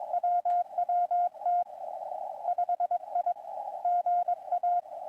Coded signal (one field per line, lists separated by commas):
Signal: Morse code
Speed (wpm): 20 wpm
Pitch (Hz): 720 Hz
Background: radio noise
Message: WWT 5I GA